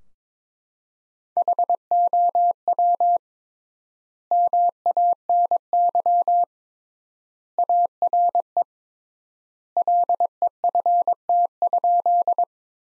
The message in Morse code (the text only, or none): HOW MANY ARE LEFT?